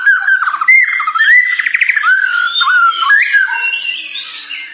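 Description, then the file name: White-rumped shama song: rich, varied whistled phrases with slurred rising and falling notes and quick trills, delivered continuously. Borneo; lure recording intended to make shamas sing actively. "Sara Pancingan Murai Batu Borneo Agar Gacor Dor"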